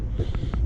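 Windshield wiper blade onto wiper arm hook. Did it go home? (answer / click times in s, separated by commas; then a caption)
no / none. A windshield wiper blade is hooked onto a J-hook wiper arm and pulled up to lock it, with two brief faint ticks at about 0.4 and 0.5 seconds over a low steady rumble. The blade has not clicked or seated onto the arm; only its retaining tabs hold it loosely in place.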